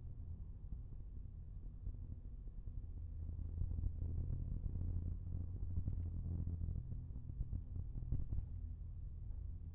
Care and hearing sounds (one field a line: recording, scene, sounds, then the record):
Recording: everyday scene through a hearing-aid microphone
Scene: in a vehicle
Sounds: engine, rumble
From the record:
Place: Skoda Fabia, gasoline engine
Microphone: behind the ear, left, front